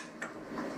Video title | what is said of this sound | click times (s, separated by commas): M4 Disassembly, Assembly, Funciton check | and then just keep pressing until you hear it click and you'll feel a click as well | 0.2 s